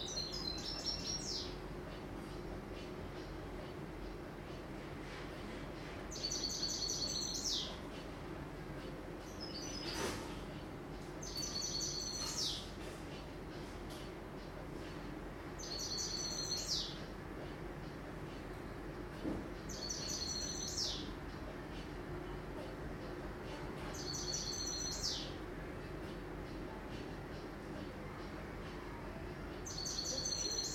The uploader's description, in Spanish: pájaros, radios, aviones, electrodomésticos funcionando, comidas de mediodía, niños llorando o riendo